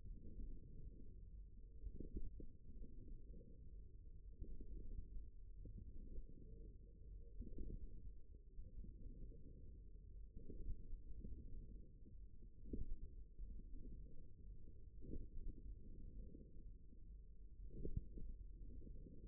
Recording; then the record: forearm muscle sounds (acoustic myography)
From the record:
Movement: forearm supination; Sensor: system 1, eight BSWA MPA416 microphones around the upper forearm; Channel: 4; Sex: male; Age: 54 years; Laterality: right